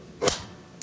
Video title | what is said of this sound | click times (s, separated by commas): ✨ Kenmore Washer Leaking — EASY FIX ✨ | side at a time it'll click into place pretty cool these | 0.8 s